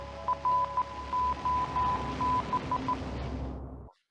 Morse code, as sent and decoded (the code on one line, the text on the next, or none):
.-. --- -...
ROB